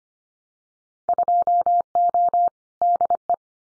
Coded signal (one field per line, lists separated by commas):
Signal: Morse code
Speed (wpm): 25 wpm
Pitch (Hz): 700 Hz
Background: none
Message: 2O DE